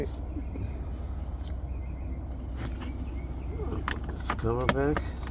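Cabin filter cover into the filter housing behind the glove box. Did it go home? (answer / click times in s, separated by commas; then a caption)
no / none. On a Nissan Armada, the plastic cabin filter access cover is pushed back toward its place in the filter housing behind the glove box after a new filter goes in, so that it clicks in. Someone talks over a steady low hum, and short plastic handling knocks come at about 3.9, 4.0 and 4.3 seconds. The cover has not seated or clicked yet.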